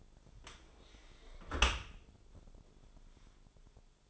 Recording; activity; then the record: daily activity, microphone in the room; close dishwasher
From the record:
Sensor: 5